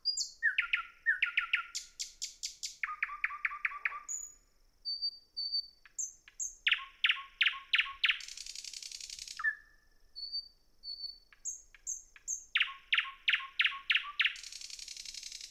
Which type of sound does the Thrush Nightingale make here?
song